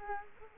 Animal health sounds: mosquito wingbeat signal from an infrared sensor; Culex quinquefasciatus

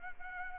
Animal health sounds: mosquito wingbeat signal from an infrared sensor; Anopheles arabiensis

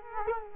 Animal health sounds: mosquito wingbeat signal from an infrared sensor; Culex quinquefasciatus

